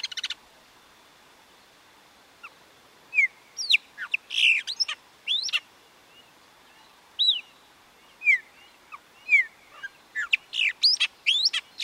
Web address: grauna. canto